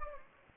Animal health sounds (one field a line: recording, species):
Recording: mosquito wingbeat signal from an infrared sensor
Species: Anopheles gambiae